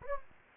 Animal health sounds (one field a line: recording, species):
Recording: mosquito wingbeat signal from an infrared sensor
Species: Anopheles gambiae